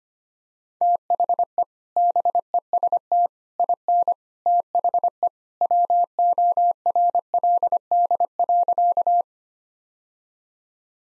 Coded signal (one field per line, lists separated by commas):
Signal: Morse code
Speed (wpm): 25 wpm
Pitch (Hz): 700 Hz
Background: none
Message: THE BEST IN THE WORLD.